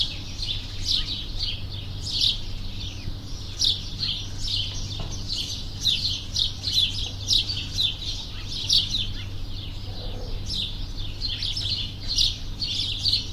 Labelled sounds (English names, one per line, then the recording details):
House Sparrow call
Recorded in the wild
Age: adult
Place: Linmi Keriou, Zakynthos, Ionien Islands, GR
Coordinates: 37.6894, 20.8392
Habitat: urban area
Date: 2012-06-26
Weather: 20°C, sunny, almost windless
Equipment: Sound Devices 702, Sennheiser MKH 415 T, Rhode Windschutz
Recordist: Frommolt, Karl-Heinz
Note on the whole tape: Hotel Harmonie: Rufe von Haussperlingen in einer Brutkolonie. Entfernung ca. 10 m